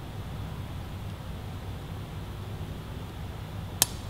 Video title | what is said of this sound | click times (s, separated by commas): Lightech Suzuki GSX-R1000 R Rearsets Install - Sportbike Track Gear | that kind of click on and now you can see you can rotate it around | 3.8 s